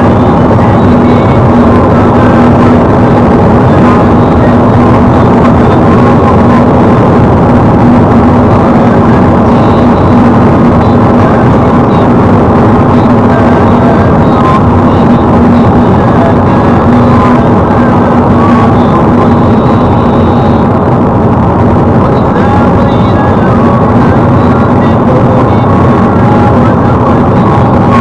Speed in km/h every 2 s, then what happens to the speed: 123, 123, 121, 124, 124, 119, 117, 113, 111, 116, 117, 117, 119, 119.
0-8 steady at about 123. 8-15 slows to 111. 15-28 speeds up to 119.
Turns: none.